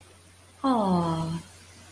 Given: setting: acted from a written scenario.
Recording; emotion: vocal sound without words; adoration